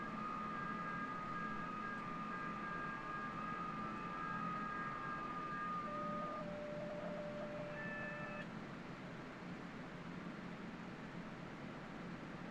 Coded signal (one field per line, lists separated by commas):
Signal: FT8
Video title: FT8 QRP 20 and 40 meters #hamradio #ft8